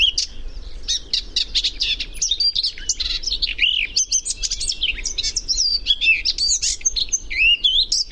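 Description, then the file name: Eurasian blackcap giving a continuous, varied warble of clicks, buzzy notes and sweet slurred whistles, delivered rapidly throughout. "Sylvia atricapilla"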